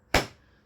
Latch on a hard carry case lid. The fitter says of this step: again to close it we're coming round drop it down to lock it make sure it clicks right down